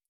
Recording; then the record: hydrophone in a shrimp aquaculture tank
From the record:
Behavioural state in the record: feeding